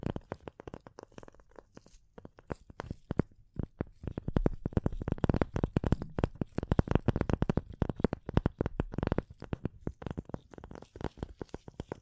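Rapid tapping and scratching runs throughout, dense irregular clicks and scrapes, sparser in the first two seconds, then thickening with louder bursts.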